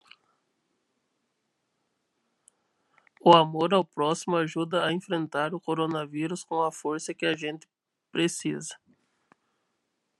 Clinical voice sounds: spoken sentence; Brazilian Portuguese; male; 20 to 29 years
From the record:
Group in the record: control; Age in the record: 27 years

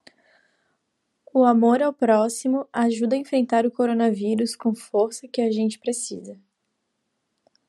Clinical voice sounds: spoken sentence; Brazilian Portuguese; female; 20 to 29 years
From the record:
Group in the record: control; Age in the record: 21 years

